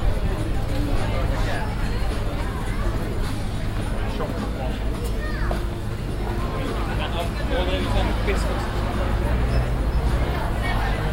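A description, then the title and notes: A busy market hums with steady, overlapping crowd chatter, voices rising above the babble, over a constant low rumble of traffic. Recordings around the continental market in Exeter, July 2006.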